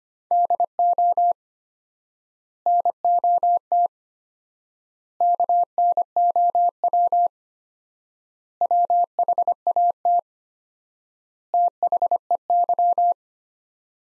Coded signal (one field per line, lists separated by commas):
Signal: Morse code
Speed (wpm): 25 wpm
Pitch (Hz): 700 Hz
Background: none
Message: DO NOT KNOW WHAT THEY